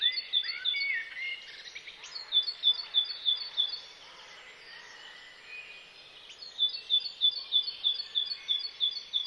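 Great tit singing bright, high two-note phrases repeated rapidly in bursts, with a pause mid-way and other birds warbling softly in the background.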